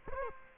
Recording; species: mosquito wingbeat signal from an infrared sensor; Culex quinquefasciatus